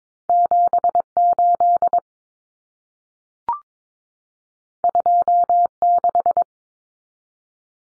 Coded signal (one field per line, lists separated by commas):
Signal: Morse code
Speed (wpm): 22 wpm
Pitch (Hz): 700 Hz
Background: none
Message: 78 26